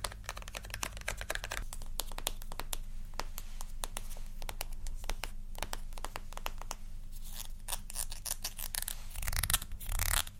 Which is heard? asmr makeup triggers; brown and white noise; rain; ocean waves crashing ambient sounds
asmr makeup triggers